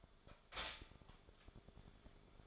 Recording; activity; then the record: daily activity, microphone in the room; stop toaster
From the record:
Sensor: 5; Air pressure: 1014.8 hPa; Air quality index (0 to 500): 197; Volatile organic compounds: 8 ppm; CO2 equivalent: 2103 ppm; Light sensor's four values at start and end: 16/37/14/13 and 16/37/14/13